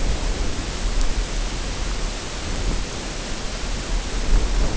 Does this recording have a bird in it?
no